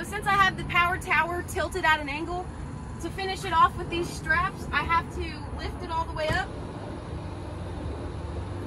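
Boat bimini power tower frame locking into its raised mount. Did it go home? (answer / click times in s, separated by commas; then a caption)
no / none. Someone talks over a low steady background hum while preparing to lift a tilted Regal boat bimini power tower frame all the way up into its raised mount. The frame is still tilted at an angle and nothing has seated or clicked yet.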